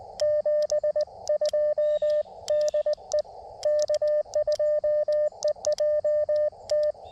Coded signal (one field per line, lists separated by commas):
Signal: Morse code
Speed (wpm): 20 wpm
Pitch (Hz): 590 Hz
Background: radio noise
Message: 72 DE K2EJT